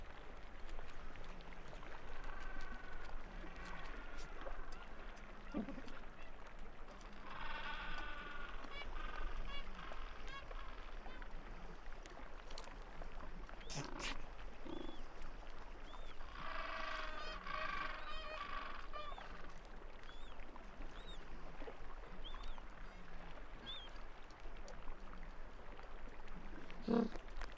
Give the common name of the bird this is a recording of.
Gentoo Penguin